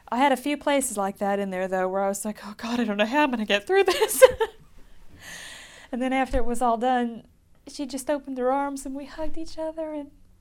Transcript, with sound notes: I had a few places like that in there, though, where I was like, "Oh, God, I don't know how am I going to get through this." (she laughs) And then after it was all done, she just opened her arms and we hugged each other and